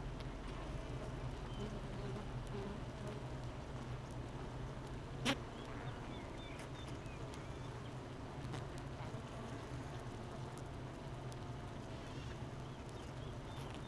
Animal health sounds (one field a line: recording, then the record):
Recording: honeybee colony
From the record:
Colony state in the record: missing queen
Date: 31 May 2018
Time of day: 8:37